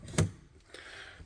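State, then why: Seated. A Rimor Evo 95+ motorhome window is pushed open until the stay mechanism on its frame clicks at 0.2 s and locks the window in the open position. The click is a sharp, broadband snap, followed by faint low rustling and a softer knock near 0.7 s.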